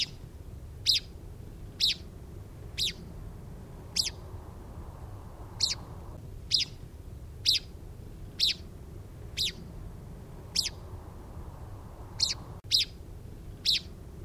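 Bird calls, a single short high sharp note repeated about once a second, over a low background rumble.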